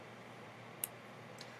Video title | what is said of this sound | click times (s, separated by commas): Foxy Necklace - DIY Jewelry Making Tutorial by PotomacBeads | you'll hear that nice snap the pendant hangs down and the crystals kind of | 0.8 s